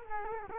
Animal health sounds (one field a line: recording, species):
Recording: mosquito wingbeat signal from an infrared sensor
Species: Culex quinquefasciatus